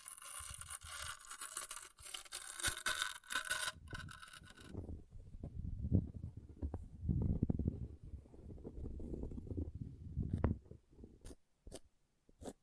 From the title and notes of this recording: ASMR Brain Melting Object Scratching (No Talking).